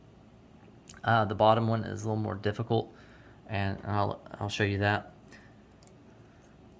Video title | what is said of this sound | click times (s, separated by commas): SCX24 Hybrid Shock Mod | suspension links and uh the top one just snaps right in no problem | 0.9 s